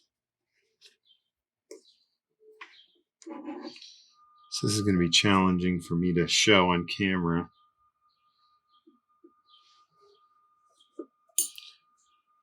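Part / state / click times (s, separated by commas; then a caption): retaining clip into brake master cylinder bore / seated / 11.4 s. While rebuilding a 1973 Sportster brake master cylinder, a metal retaining clip is pushed into the master cylinder bore as someone talks, with small handling taps and scrapes around it. A sharp metallic click at 11.4 s marks the clip engaging, and it is seated.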